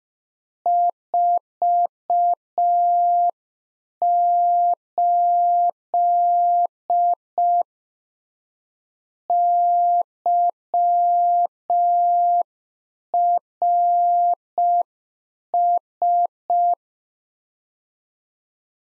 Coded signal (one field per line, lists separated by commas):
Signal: Morse code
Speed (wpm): 5 wpm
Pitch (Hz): 700 Hz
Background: none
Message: 48 YRS